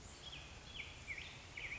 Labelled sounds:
Black-headed Grosbeak (Pheucticus melanocephalus)
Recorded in Sonoma County, California

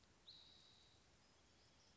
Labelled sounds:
Spotted Towhee (Pipilo maculatus)
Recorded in Sonoma County, California

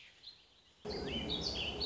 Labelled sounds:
Warbling Vireo (Vireo gilvus)
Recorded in Sonoma County, California

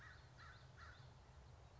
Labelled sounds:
American Crow (Corvus brachyrhynchos)
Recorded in Sonoma County, California

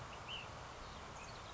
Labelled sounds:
Ash-throated Flycatcher (Myiarchus cinerascens)
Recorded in Sonoma County, California

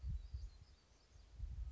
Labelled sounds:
Western Flycatcher (Empidonax difficilis)
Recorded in Sonoma County, California

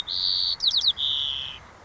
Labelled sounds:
White-crowned Sparrow (Zonotrichia leucophrys)
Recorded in Sonoma County, California

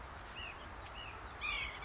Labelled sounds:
White-breasted Nuthatch (Sitta carolinensis)
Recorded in Sonoma County, California

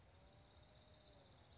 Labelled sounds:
Black-throated Gray Warbler (Setophaga nigrescens)
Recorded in Sonoma County, California

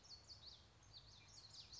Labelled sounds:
Common Yellowthroat (Geothlypis trichas)
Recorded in Sonoma County, California

